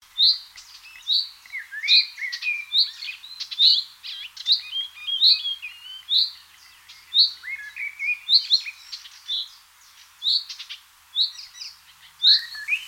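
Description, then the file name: Common chaffinch calls, short bright notes repeated many times, with other chirps and twittering mixed in. "Fringilla coelebs"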